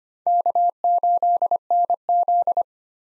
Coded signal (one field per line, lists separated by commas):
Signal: Morse code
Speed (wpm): 25 wpm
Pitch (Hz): 700 Hz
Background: none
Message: K8NZ